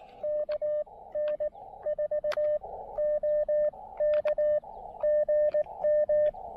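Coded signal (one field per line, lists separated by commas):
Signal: Morse code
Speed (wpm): 17 wpm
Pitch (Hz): 590 Hz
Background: radio noise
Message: KN4OK GM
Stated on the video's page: QRP CW park activation in Baie-Comeau, Québec, on 20m and 17m.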